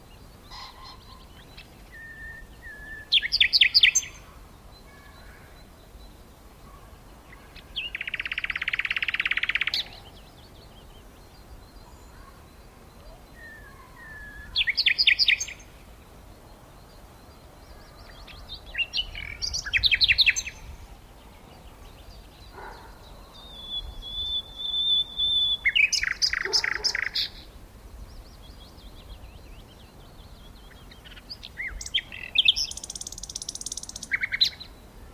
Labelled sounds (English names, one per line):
Common Nightingale song